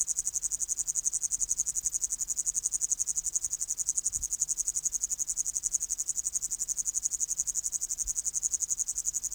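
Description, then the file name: Upland green bush-cricket song, a continuous high, hissing buzz made of rapid, evenly spaced pulses throughout, with a faint low thud near the middle. "Tettigonia cantans"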